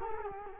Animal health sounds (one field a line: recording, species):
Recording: mosquito wingbeat signal from an infrared sensor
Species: Culex quinquefasciatus